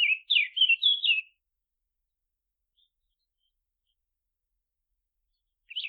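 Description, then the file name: Eurasian blackcap song: a short, rapid, twittering warble of tumbling high notes, then silence until a single note returns at the very end. "Sylvia atricapilla"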